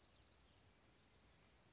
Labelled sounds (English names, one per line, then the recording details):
Blue-gray Gnatcatcher
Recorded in Sonoma County, California